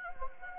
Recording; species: mosquito wingbeat signal from an infrared sensor; Anopheles gambiae